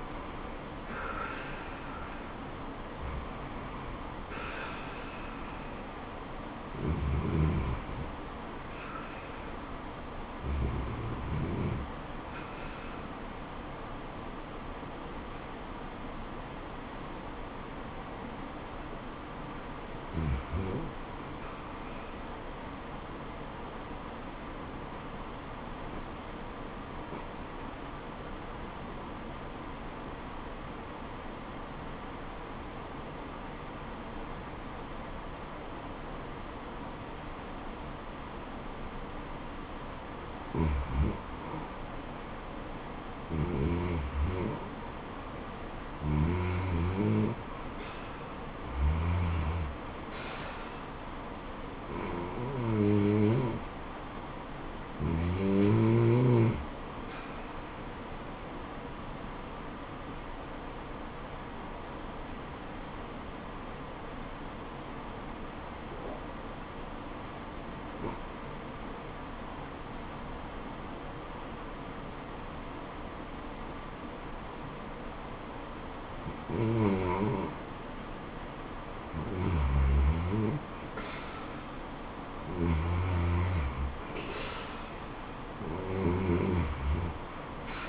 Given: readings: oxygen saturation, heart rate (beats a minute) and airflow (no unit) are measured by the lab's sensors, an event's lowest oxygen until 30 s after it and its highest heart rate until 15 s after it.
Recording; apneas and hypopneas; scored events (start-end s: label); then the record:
breathing in sleep by a voice recorder at the bedside; 2
24.00-43.30 s: obstructive apnea (REM, oxygen 97% highest, then 85% lowest, heart rate 82 at the start, 82 highest)
61.00-79.10 s: obstructive apnea (REM, oxygen 91% highest, then 84% lowest, heart rate 75 at the start, 81 highest)
From the record:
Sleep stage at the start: REM sleep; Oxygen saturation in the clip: 84 to 97%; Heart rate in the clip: 63 to 84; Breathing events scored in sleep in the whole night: 426 in 7.4 hours asleep